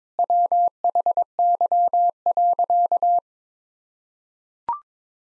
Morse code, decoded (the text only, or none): WHY.